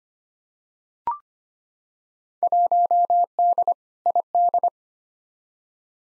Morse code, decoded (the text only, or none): 1D ID